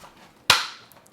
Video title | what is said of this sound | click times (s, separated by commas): GI Joe Classified Series #112 Clutch w/ VAMP Unboxing & Review! | There we go. That's a nice, satisfying click. | 0.5 s